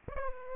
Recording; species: mosquito wingbeat signal from an infrared sensor; Aedes aegypti